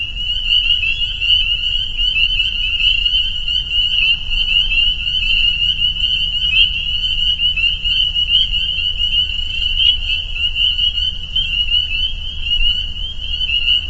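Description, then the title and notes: Spring peepers calling en masse, a constant high ringing of overlapping peeps, with a faint low hum underneath. Chorus at a pond on private property in northern Vermont, recorded as a soundscape. "Peepers. a soundscape recorded at the peeper pond on our friends' property in northern Vermont"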